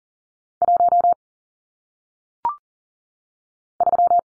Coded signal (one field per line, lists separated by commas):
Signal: Morse code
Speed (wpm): 39 wpm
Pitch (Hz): 700 Hz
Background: none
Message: 1 3